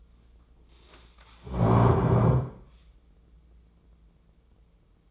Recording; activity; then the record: daily activity, microphone in the room; stand up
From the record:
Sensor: 1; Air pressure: 996.0 hPa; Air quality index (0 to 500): 238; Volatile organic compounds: 1000 ppm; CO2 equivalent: 6944 ppm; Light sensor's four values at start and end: 36/89/38/46 and 34/84/36/43